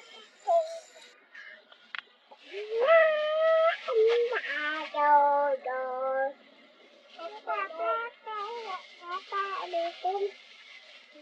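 A small child sings softly to herself in a high, wavering voice, holding drawn-out notes around three to six seconds, then breaking into shorter, choppier phrases after seven seconds. Brief pauses separate the phrases, with a faint hum of the vehicle underneath.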